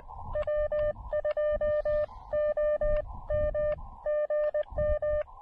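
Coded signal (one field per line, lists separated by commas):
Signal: Morse code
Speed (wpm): 19 wpm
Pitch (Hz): 600 Hz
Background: none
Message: W2OM GM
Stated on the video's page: QRP SOTA summit activation with DX contacts, using an Elecraft KX2 and a compact AX2 antenna.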